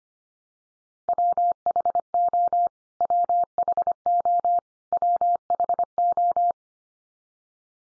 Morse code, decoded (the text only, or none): WHO WHO WHO